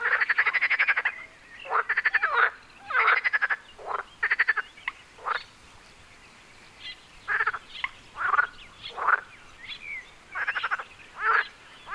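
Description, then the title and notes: Frogs croaking in pulsed, rattling bursts with short quiet gaps between them. Frogs on Wyspa Sobieszewska, Gdańsk, Poland. "Wyspa Sobieszewska, Gdańsk, Poland - Frogs. Żaby. rec Rafał Kołacki"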